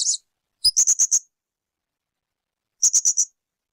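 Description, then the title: Streaked spiderhunter song: a few quick runs of sharp, very high chips, with a long silent pause between them. Tutoring audio for training cage birds; described as singing constantly, clear and long. "Pijantung Gunung Gacor Jernih Panjang"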